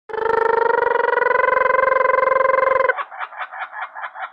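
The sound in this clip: Kookaburra call opening with a loud sustained rolling trill for three seconds, then switching to uneven bouncing chuckles.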